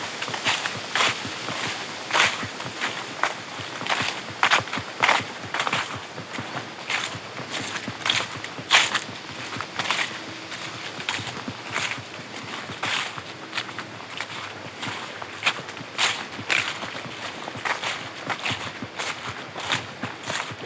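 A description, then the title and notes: Crisp leaves crunch in irregular, frequent steps over a steady bed of crickets and flowing creek, with a faint car passing midway. Lively Day by a Cabin in the Woods (Manistee Airbnb). Hike through the crisp sounds of leaves, crickets, passing cars, and a calm creek in these 20 acres hidden away in the woods of Manistee.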